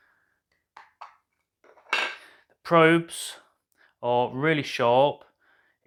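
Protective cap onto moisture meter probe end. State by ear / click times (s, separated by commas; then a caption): seated / 1.9 s. A plastic protective cap is refitted the other way round onto the probe end of an EWM02 moisture meter from Erickhill, showing it goes on either way. A few light plastic taps come first, then the cap clicks into place at 1.9 s. Someone talks over the rest of the clip.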